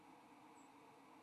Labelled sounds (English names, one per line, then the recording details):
White-throated Sparrow flight call
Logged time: 04:36 on 29 November 2014